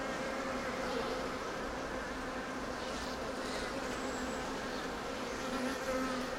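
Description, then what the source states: Bees humming in an even, unbroken drone for the whole stretch. Bees in a city park.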